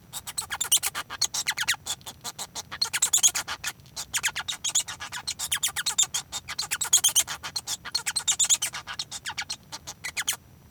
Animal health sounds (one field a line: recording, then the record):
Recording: song of a male Bengalese finch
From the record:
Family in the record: son of father 1